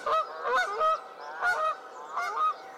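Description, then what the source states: Canada goose honking: several loud, nasal honks in three short groups with brief pauses between. Played as a sound example in a quiz.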